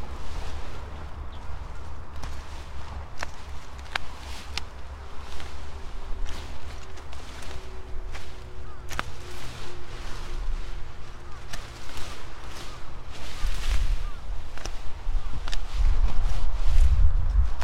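Sweet potato vines being cut at the base: frequent sharp snips and rustles over a low steady rumble, with a faint hum midway.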